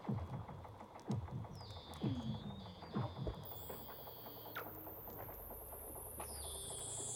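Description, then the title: Weddell seal underwater calls: repeated low chirps dropping sharply in pitch, with a thin high tone that breaks off and resumes, over crackling background. "Douglas Quin - Weddell Seals (Underwater)"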